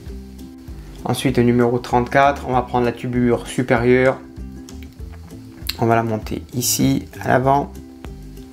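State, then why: Seated. Someone talks over background music while the plastic upper coolant pipe of a 1/4 scale motorcycle model kit is pushed onto the front top of the plastic engine block. A few faint handling taps are heard. A sharp click at 8.1 seconds marks the pipe clipping into place, seated perfectly.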